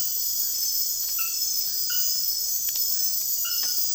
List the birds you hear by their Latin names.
none